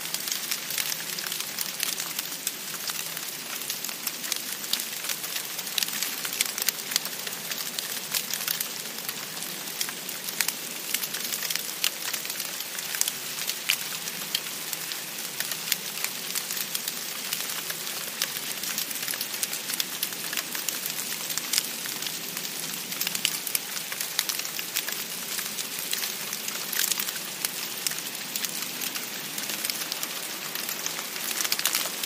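Wet clumps of snow patter steadily onto grass and leaves, a dense, even crackle of soft taps. The sound is bright, with no low rumble underneath and no change in pace across the half minute.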